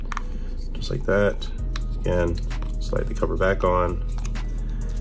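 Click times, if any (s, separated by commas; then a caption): 4.3 s. The plastic rear battery cover of an F30 BMW key fob is slid back onto the fob housing after the coin battery swap, while someone talks. A short, sharp snap at 4.3 s marks the cover seating into place; it would not snap home if the battery were not all the way in.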